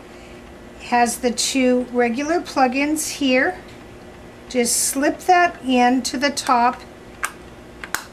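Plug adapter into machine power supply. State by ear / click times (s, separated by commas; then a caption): seated / 7.9 s. Someone talks while a regional plug adapter is slipped into the top of the power supply for an NC 1000 permanent makeup machine. After a couple of small sharp taps, the adapter is pressed down and clicks into place with a sharp click at 7.9 s, seating it.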